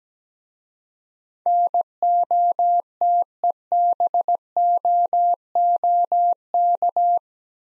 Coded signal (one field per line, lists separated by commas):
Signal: Morse code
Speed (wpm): 17 wpm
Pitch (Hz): 700 Hz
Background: none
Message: NOTEBOOK